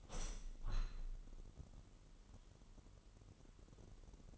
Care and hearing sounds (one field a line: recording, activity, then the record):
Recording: daily activity, microphone in the room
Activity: open window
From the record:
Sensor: 4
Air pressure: 998.9 hPa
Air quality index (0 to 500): 127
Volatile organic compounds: 2 ppm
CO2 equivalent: 1245 ppm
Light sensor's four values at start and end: 8/19/7/8 and 8/19/7/8